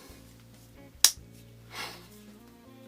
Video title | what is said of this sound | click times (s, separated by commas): Salamandra model 10021 | clicks into place very nicely good strong back Springs | 1.0 s